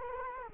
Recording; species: mosquito wingbeat signal from an infrared sensor; Culex quinquefasciatus